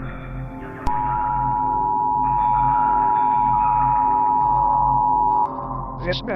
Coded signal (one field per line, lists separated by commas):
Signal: Emergency Alert System (SAME) tones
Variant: 853 and 960 Hz attention tone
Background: speech, music